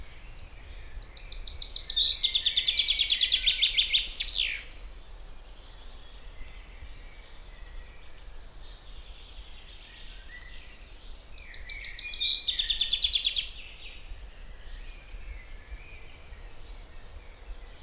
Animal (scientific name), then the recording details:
Fringilla coelebs. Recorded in the wild. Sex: male. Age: adult. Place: Teufelssee, Berlin, DE. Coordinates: 52.42, 13.63. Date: 1989-05-19 19:30. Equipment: Uher 4400 Report Monitor, Sennheiser ME 80, K 30 AV. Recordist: Fischer, Stefan. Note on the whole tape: Gesang